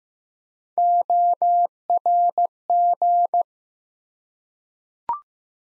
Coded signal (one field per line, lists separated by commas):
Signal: Morse code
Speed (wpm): 15 wpm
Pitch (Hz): 700 Hz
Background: none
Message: ORG